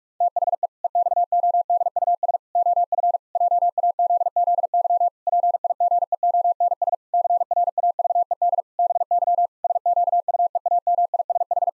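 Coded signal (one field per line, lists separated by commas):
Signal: Morse code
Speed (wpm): 44 wpm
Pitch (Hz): 700 Hz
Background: none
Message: THE EXODUS OF JAZZY PIGEONS CRAVED BY SQUEAMISH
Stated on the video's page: Morse practice at 45 wpm, pangrams for head-copy, each sent in Morse, spoken, then sent again.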